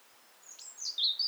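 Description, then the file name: European robin song fragment: brief high, thin whistles sliding downward, ending in two sharp squeaky notes. "Erithacus rubecula"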